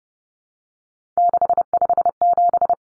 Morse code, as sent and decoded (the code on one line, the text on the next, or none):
-.... ..... --...
657